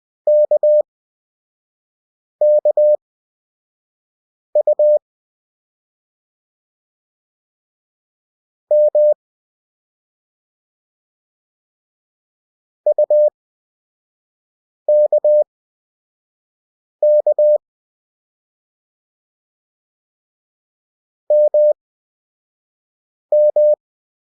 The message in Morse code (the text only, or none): KKU M UKK MM